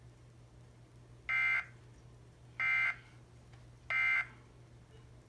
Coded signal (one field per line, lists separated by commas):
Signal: Emergency Alert System (SAME) tones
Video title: Weekly and Monthly test from 3/10/21 EAS#458- 460